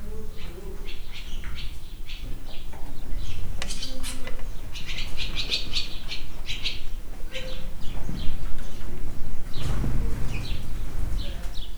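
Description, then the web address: Sand martin calls: short, high chirps repeated rapidly and irregularly in dense bursts, over a steady low rumble and occasional knocks. Recorded inside a horse stable in a farmyard. "allathangok parasztudvar partifecske loistalloban"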